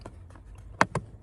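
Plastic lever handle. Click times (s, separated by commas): 0.8 s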